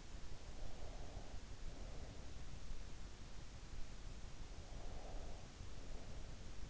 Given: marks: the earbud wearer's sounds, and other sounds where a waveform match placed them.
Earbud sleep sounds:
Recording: sounds in sleep by an in-ear microphone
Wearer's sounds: breath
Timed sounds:
0.14-2.34 s: breath
4.44-6.70 s: breath

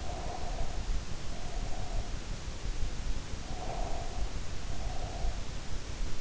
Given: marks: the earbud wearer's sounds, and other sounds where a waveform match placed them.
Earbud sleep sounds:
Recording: sounds in sleep by an in-ear microphone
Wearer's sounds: breath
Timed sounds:
0.00-2.27 s: breath
3.41-5.42 s: breath

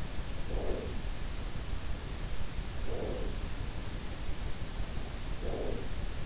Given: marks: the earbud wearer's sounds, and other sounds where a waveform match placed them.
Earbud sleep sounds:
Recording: sounds in sleep by an in-ear microphone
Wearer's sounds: breath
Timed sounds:
0.28-1.17 s: breath
2.62-3.69 s: breath
5.28-6.25 s: breath

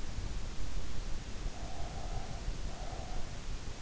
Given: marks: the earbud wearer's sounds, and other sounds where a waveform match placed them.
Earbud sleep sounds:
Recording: sounds in sleep by an in-ear microphone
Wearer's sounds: breath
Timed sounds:
1.21-3.41 s: breath

